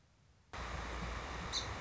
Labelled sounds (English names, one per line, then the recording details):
Song Sparrow
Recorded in Sonoma County, California